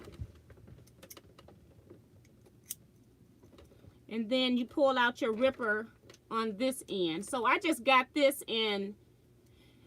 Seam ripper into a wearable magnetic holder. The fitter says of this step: and then when it goes back in you can hear it snap